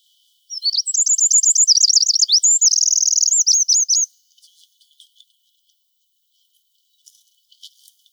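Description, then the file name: Eurasian wren song, a vigorous rapid string of high warbles and buzzy trills for over three seconds, followed by a few faint ticking notes. "Troglodytes troglodytes"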